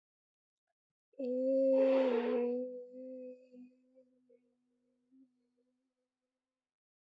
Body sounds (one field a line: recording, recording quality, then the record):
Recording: sustained vowel as in made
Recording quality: excellent, no background noise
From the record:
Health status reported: COVID-19 positive, mild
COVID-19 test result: positive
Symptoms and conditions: cold, fever, fatigue, muscle pain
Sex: female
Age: 22 years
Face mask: not worn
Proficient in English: yes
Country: India